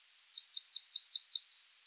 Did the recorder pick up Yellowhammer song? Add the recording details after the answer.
yes. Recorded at under 5 m from the bird. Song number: 102